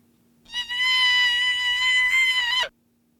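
A steady, high, bleat-like cry of about two seconds: a newborn mammal's distress call with only the frequency of its pitch changed and no other acoustic traits altered, played back to wild mother deer, who lifted their heads and ran at full speed toward it.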